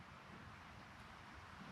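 One side of the ignition coil bracket is hooked onto its square frame peg on a 2004 Harley-Davidson Road King Twin Cam, during a rocker box removal and install for leaking gaskets and new breathers. Only a steady, wind-like broadband rumble is heard, with no distinct sounds. Nothing has snapped into place yet.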